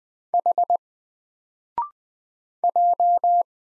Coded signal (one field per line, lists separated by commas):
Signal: Morse code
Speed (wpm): 20 wpm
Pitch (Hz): 700 Hz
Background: none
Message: H J